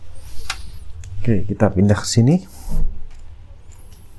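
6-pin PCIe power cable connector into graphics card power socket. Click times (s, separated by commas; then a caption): 0.5 s. A 6-pin PCIe auxiliary power cable connector is pushed into the power socket of an ASUS ROG STRIX GeForce GTX 1650 SUPER GAMING OC 4GB graphics card until its plastic latch locks. A sharp click is heard at 0.5 s as the connector seats, followed by someone talking.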